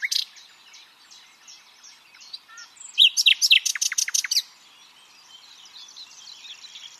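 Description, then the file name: Common nightingale delivers a loud, rapid series of sharp repeated notes midway, framed by quieter chips and whistles. "Luscinia megarhynchos"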